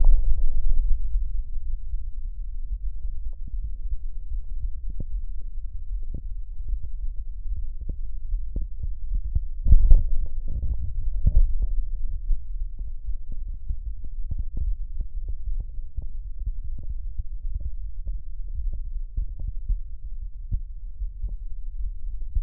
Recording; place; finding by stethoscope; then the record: heart sounds by stethoscope; pulmonary valve (PV); normal heart sounds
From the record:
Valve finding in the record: normal valve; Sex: male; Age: 55 years